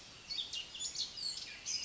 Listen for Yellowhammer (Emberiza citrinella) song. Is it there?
no